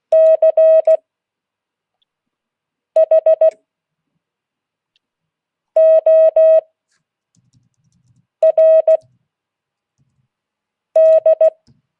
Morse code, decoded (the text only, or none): CHORD